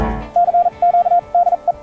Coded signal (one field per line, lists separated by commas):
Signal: Morse code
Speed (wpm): 40 wpm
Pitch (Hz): 700 Hz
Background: none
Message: CQ DE